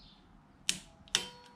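A torque wrench set to 9 Nm tightens a clutch bolt on a 2016 Kawasaki Z1000 motorcycle, giving two sharp, bright metallic clicks at 0.7 s and 1.2 s, with a faint tick just before the second. The wrench clicks, confirming the bolt is torqued to 9 Nm.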